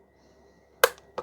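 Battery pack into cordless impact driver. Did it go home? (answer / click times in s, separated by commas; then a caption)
yes / 0.8 s. A battery pack is slid into the base of a Litheli U20 brushless cordless impact driver and latches with a loud, sharp click at 0.8 s, followed by a faint tick at 1.0 s and a softer knock at 1.2 s. The battery is seated.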